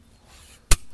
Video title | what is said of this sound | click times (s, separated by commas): Model Y 21-inch Carbon fiber RimCase Tesla Überturbine Wheels Rim Protector EVBASE#tesla | il est bien clipsé là tu vois faut vraiment que ça fasse ce bruit là la claque claque il faut que ça | 0.7 s